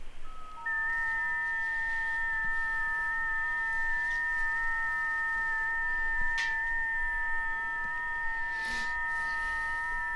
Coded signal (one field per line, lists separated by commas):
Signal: FT8